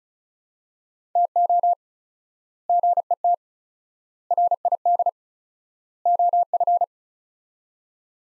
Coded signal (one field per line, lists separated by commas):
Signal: Morse code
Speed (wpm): 34 wpm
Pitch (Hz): 700 Hz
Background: none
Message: TO GET RID OF